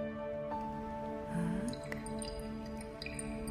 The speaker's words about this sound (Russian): Лена наливает алкоголь в бокал, она с подругой Юлей сидят за столом при свечах.